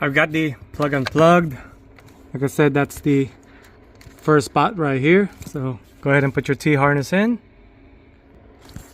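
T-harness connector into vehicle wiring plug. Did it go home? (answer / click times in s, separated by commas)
yes / 8.7 s, 8.8 s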